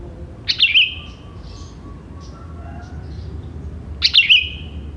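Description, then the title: Sooty-headed bulbul gives a short, bubbly phrase, repeated once more about three and a half seconds later over a low background rumble. "Kutilang"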